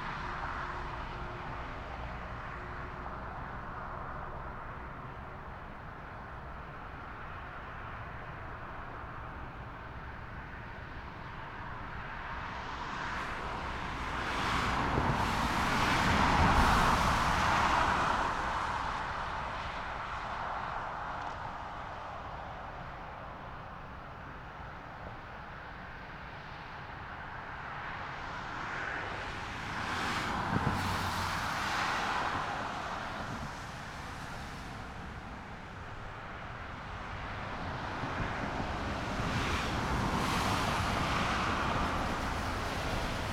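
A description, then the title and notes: Steady motorway roar at night, with individual vehicles swelling past around 16, 30 and 41 seconds before fading back into the constant hum. Soothing Nighttime Motorway.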